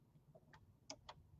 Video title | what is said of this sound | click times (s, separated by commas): Shields Live! Get to Know the Brother PS700 Sewing Machine May 4, 2023 | can hear it click in. So make sure when you put your bobbin down that you turn it so | 0.9 s